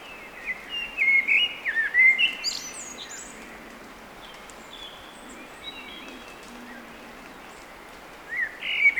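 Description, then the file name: Eurasian blackbird delivering a fluted warbling phrase with high squeaky notes, a long quiet pause with faint hiss, then a new phrase beginning at the end. "Turdus merula"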